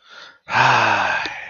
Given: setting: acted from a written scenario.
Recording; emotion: vocal sound without words; serenity